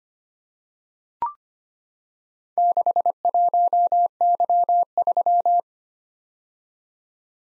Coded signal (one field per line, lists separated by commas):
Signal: Morse code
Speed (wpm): 25 wpm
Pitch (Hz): 700 Hz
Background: none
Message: 61Y3